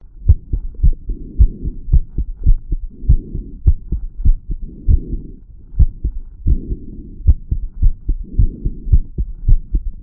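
Low, sharp heart thumps at roughly 107 a minute over the tricuspid area, spaced unevenly with pauses where beats seem dropped. An irregular, skippy heartbeat. Soft rhythmic whooshing, likely breathing, rises and falls in the background.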